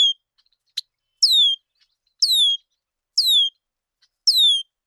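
Bird song: high, thin whistled notes sliding downward, repeated about once a second, with a single sharp click early on; otherwise quiet.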